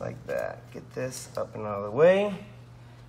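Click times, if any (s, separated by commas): none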